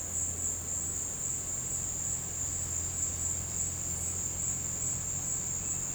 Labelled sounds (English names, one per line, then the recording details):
none
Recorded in secondary vegetation near Puerto Asís, Putumayo, Colombia, on 19 March 2025 at 16:00
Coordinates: 0.485, -76.322
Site G040